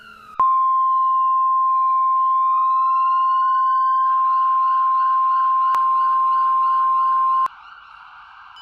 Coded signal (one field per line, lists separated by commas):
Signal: Emergency Alert System (SAME) tones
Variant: 1050 Hz attention tone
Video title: Lucifer’s Rising: An EAS Scenario